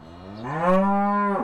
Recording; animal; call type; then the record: contact call of a hoofed animal; cattle; low-frequency (closed-mouth) or high-frequency (open-mouth) call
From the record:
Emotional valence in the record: negative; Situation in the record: separation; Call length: 1.44 s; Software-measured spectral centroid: 1120 Hz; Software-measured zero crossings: 1400 a second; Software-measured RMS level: -23 dBFS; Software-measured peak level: -8 dBFS